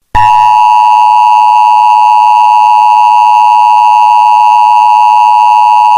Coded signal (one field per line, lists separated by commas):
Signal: Emergency Alert System (SAME) tones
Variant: 853 and 960 Hz attention tone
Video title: EAS Scenario: Twix Food Contamination @RadioGirl00